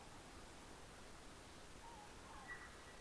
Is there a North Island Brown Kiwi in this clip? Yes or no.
no